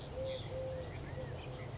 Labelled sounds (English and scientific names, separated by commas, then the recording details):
Eurasian Collared Dove (Streptopelia decaocto)
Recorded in Sonoma County, California